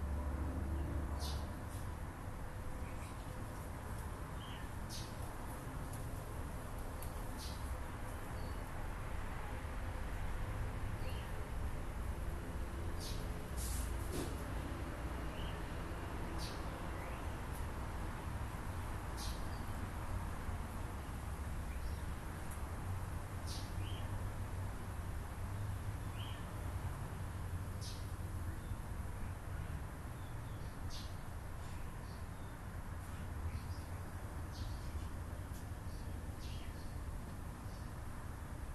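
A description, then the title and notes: A bird calls with short, bright chirps scattered through the recording, some in quick bursts around the middle. Beneath them a steady low rumble of traffic fills the background, holding an even level throughout. A Sunday bird.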